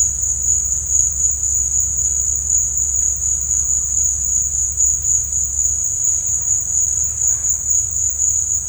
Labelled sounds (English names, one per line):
none